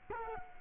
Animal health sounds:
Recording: mosquito wingbeat signal from an infrared sensor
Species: Culex quinquefasciatus

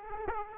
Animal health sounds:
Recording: mosquito wingbeat signal from an infrared sensor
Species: Aedes aegypti

